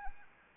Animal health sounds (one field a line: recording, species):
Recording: mosquito wingbeat signal from an infrared sensor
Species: Anopheles arabiensis